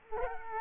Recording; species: mosquito wingbeat signal from an infrared sensor; Culex quinquefasciatus